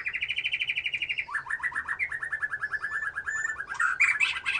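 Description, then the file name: White-rumped shama song, a steady rapid trill of even notes that drops in pitch into a rattling series, then a burst of varied chatter. "murai batu"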